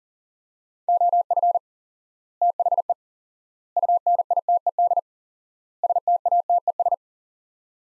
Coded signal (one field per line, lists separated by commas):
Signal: Morse code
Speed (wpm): 40 wpm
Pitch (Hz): 700 Hz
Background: none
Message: OF THE UNITED STATES